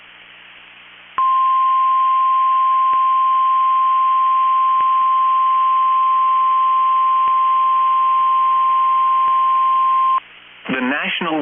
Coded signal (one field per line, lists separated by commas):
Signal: Emergency Alert System (SAME) tones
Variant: 1050 Hz attention tone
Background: speech